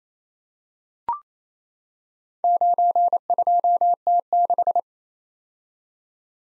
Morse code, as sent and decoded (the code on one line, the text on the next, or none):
----. ..--- - -....
92T6